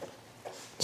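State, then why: Seated. A removable carved wooden trinity-symbol insert (a triquetra) is pressed by hand into its recess in a pulpit panel; it is removable so other carvings can be swapped in for different seasons of the church calendar. Faint soft bumps are heard near 0.0 s and 0.5 s, then a sharp snap at 0.8 s as the insert seats in place.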